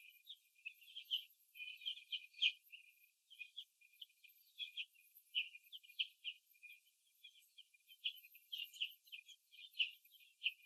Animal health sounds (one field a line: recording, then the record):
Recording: young laying hens in a cage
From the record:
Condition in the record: before the stressor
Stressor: simulated dog barking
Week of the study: 2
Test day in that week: 3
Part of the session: 1